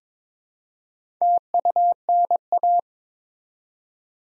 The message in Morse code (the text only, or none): TUNA